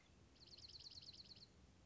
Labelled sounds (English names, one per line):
Dark-eyed Junco